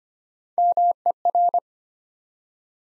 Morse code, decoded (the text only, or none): MER